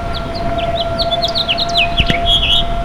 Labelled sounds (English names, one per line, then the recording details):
House Finch song
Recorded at Bay Shore on Long Island, New York, on 29 May 2013
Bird G